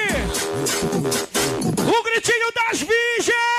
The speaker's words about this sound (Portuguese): Essa galera tá demais hoje no Caribe! Cadê o gritinho das solteiras aí?